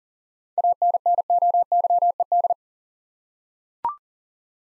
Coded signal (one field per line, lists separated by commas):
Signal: Morse code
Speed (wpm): 41 wpm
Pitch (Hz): 700 Hz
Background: none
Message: ANNOYED